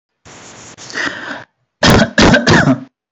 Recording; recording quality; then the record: shallow voluntary cough; moderate, slight background noise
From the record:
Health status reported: healthy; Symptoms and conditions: none ticked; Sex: male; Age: 27 years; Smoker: not ticked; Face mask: not worn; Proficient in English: yes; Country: India